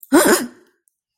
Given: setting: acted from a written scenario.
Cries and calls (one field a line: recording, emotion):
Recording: vocal sound without words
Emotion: fear